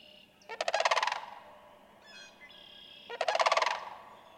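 Sandhill crane calling twice, a loud trilled, rattling croak each time, about two and a half seconds apart, with a brief softer note between.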